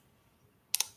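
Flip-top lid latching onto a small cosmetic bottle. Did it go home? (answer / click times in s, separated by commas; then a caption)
yes / 0.8 s. A flip-top latch lid is snapped shut on a small refillable plastic cosmetic bottle bought online. A sharp click sounds at 0.8 s, followed immediately by a second, softer click, against a quiet background. The lid latches fully shut.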